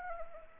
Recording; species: mosquito wingbeat signal from an infrared sensor; Anopheles arabiensis